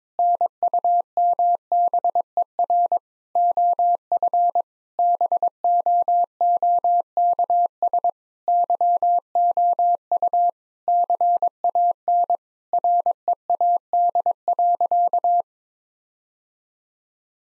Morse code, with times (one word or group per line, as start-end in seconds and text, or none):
0.2-3.0 NUMBER
3.4-4.6 OF
5.0-8.1 BOOKS
8.5-10.5 YOU
10.9-12.4 CAN
12.7-15.4 READ.